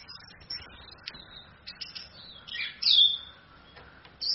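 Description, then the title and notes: Orange-headed thrush song: a short, bright warbled phrase near the middle and a brief note at the end, over a steady low hiss. Female; used as a tutor to train other songbirds. "ANIS KEMBANG BETINA CAS DENGAN LAYAR HP. Masteran Anis Kembang"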